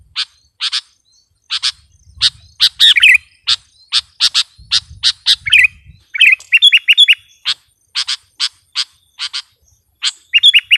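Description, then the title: Sooty-headed bulbul pouring out sharp chips in pairs and triplets, broken by several rapid bubbling phrases, with a soft low rumble at times. "kutilang"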